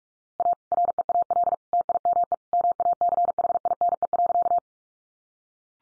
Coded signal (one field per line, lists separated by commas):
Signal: Morse code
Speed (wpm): 46 wpm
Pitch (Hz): 700 Hz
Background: none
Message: A REAL TIME MACHINE.